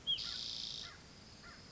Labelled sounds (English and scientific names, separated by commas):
White-breasted Nuthatch (Sitta carolinensis)